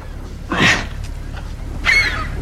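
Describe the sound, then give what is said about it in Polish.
Two loud, nasal honks from ducks or other poultry, spaced about a second and a half apart, each harsh and buzzy, over a low steady background rumble. “Koń, krowa, kura, kaczka. Kura, kaczka, drób.”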